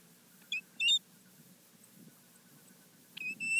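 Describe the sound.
American Golden-Plover call: one sharp two-note whistle, then a long pause before another whistled call begins at the end.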